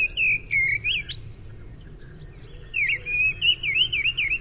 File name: mistle thrush